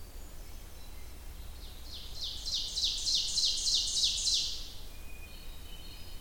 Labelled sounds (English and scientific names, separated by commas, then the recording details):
Ovenbird (Seiurus aurocapilla) song
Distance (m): 35 m
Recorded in boreal forest in Alberta, Canada, on 29 June 2016 at 07:23
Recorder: SongMeter 3, array SBT-6-79
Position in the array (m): 274 m, 36 m
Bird 39